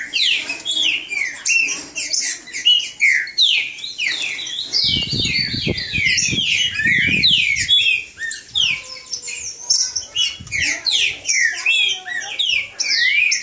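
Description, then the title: Green-winged saltator song: rapid, crowded whistled notes and downslurs pour out continuously, with brief low rustling midway. Bird named Nicão singing in the woods, in a song contest with a free wild bird. "Trinca Ferro NICÃ O No Mato Disputando Com Solto"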